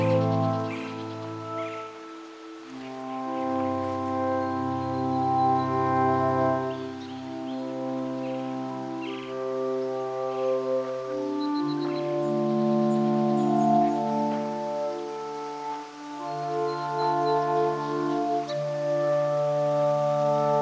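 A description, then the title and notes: Outdoors along a river trail, a steady, layered low drone holds for several seconds at a time, like a foghorn or reed organ, shifting to new pitches around 3, 7, 12 and 16 seconds. Faint high chirps, likely birds, sound in the background. Tubac, AZ on the historic Anza Trail, which meanders here along the Santa Cruz River.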